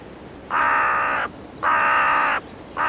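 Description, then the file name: Carrion crow giving two long, harsh, rasping caws in quick succession, a third beginning at the end, with quiet background. "Corvus corone"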